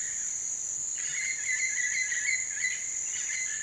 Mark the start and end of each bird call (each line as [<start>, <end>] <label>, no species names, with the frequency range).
[0.11, 3.63] bird call (0.7-5.2 kHz)